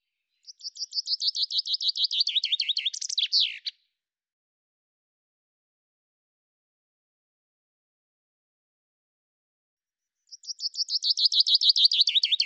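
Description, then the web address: Common chaffinch singing, a bright trill of repeated notes descending in pitch and ending in a quick flourish, then a long silence before a second trill begins. "Deverinetal 2025 File cleaned normalized Bird Fr Co"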